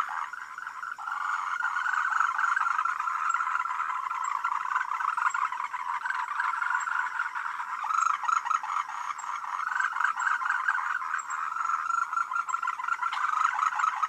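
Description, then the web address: Many frogs croak together in a loud, unbroken buzzing chorus of rapid pulses throughout. "voice cam frogs"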